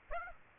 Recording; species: mosquito wingbeat signal from an infrared sensor; Aedes aegypti